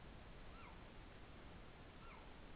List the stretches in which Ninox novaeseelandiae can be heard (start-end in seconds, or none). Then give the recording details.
0.41-0.85, 1.84-2.27. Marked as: faintness 4/5. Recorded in New Zealand. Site Taranaki